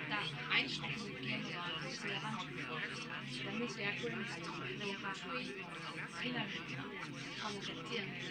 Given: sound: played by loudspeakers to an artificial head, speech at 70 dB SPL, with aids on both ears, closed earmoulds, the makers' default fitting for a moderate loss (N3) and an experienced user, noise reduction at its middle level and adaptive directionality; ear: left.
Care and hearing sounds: speech test signal (ISTS) in cocktail-party noise; -3 dB; on the right (90 degrees)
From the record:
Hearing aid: class 2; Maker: F

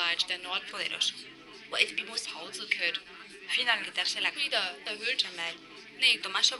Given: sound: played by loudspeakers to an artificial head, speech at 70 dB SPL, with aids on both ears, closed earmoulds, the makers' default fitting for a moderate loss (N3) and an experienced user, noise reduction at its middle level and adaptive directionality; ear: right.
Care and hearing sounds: speech test signal (ISTS) in cocktail-party noise; 0 dB; in front (0 degrees)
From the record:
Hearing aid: class 2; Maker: B

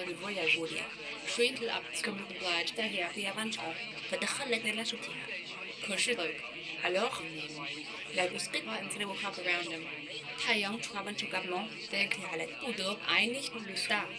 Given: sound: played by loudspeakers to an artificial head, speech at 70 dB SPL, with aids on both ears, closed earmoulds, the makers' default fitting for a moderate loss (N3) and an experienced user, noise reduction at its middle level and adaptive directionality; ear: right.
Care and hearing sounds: speech test signal (ISTS) in cocktail-party noise; +6 dB; in front (0 degrees)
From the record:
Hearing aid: class 2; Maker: C

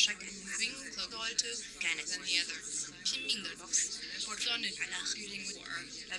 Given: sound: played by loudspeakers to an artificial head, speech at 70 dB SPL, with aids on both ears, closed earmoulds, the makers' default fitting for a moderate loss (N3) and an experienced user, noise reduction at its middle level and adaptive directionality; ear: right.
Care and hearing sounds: speech test signal (ISTS) in cocktail-party noise; -3 dB; on the right (90 degrees)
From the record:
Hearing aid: class 1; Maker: H

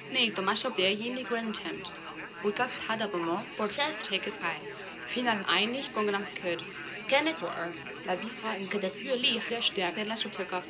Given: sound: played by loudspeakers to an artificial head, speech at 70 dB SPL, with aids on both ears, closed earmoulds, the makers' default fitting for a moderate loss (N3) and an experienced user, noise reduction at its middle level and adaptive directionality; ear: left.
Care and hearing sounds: speech test signal (ISTS) in cocktail-party noise; 0 dB; in front (0 degrees)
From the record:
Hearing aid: class 2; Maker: E

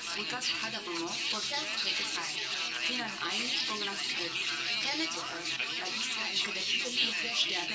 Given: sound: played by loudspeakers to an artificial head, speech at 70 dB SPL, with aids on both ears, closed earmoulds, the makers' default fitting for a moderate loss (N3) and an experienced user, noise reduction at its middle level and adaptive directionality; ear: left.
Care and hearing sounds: speech test signal (ISTS) in cocktail-party noise; +3 dB; on the right (90 degrees)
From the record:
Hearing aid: class 1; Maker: A

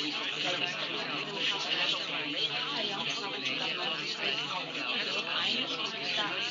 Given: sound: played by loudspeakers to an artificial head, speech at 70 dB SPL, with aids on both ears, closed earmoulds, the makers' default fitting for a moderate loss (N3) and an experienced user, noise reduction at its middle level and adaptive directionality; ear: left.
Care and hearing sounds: speech test signal (ISTS) in cocktail-party noise; -6 dB; on the right (90 degrees)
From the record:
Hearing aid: class 1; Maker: G

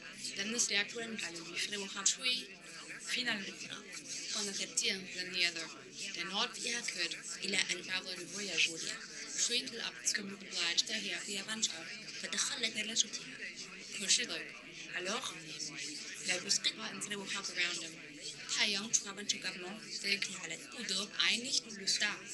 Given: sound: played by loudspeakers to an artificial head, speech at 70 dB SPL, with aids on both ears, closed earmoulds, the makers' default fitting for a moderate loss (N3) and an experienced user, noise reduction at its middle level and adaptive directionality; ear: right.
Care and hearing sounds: speech test signal (ISTS) in cocktail-party noise; +3 dB; in front (0 degrees)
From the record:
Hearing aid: class 1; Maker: J

